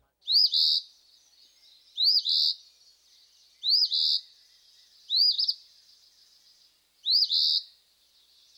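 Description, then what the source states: Eastern Phoebe song: harsh, buzzy two-part phrases with a rising hooked start, repeated a little under every two seconds, five phrases in all, over a quiet background. Male; harsh song that abruptly sounds out its name.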